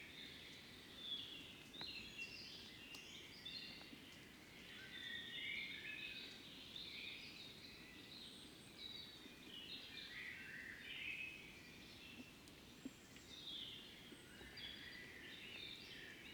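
Birds sing and call almost without pause over a steady low rumble of outdoor noise. The chirps are bright and dense, overlapping in quick bursts that swell and ease every few seconds, with a few sharp clicks or taps scattered throughout.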